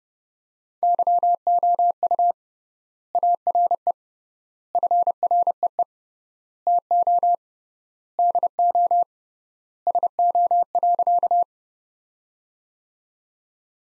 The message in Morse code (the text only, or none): YOU ARE FREE TO DO SO.